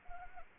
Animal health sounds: mosquito wingbeat signal from an infrared sensor; Anopheles arabiensis

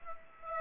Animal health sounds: mosquito wingbeat signal from an infrared sensor; Aedes aegypti

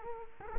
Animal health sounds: mosquito wingbeat signal from an infrared sensor; Culex quinquefasciatus

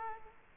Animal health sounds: mosquito wingbeat signal from an infrared sensor; Aedes aegypti

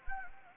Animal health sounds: mosquito wingbeat signal from an infrared sensor; Anopheles gambiae

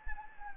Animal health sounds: mosquito wingbeat signal from an infrared sensor; Anopheles gambiae

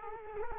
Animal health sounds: mosquito wingbeat signal from an infrared sensor; Culex quinquefasciatus

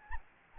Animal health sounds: mosquito wingbeat signal from an infrared sensor; Anopheles gambiae

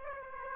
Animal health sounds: mosquito wingbeat signal from an infrared sensor; Aedes aegypti

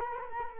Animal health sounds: mosquito wingbeat signal from an infrared sensor; Culex quinquefasciatus

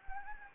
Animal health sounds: mosquito wingbeat signal from an infrared sensor; Anopheles gambiae

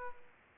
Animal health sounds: mosquito wingbeat signal from an infrared sensor; Culex pipiens

